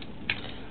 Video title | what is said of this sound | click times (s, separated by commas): rescue rachet review | I want you in the pops right into place | 0.3 s